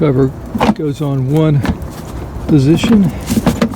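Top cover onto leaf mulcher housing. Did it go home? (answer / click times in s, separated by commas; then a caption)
no / none. Someone talks while the plastic top cover of a WORX 13 amp electric leaf mulcher shredder is set onto the housing in its one possible position, with brief handling knocks near 3.6 and 3.7 seconds. The cover is still being handled and has not locked into place yet; nothing has seated or clicked.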